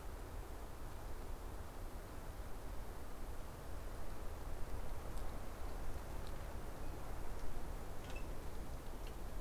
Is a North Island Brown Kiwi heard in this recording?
no